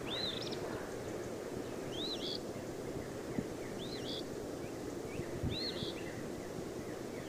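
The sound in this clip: Eastern phoebe uttering raspy, high two-part phrases about every two seconds, accompanied by faint soft chips and a continuous low rumble in the background.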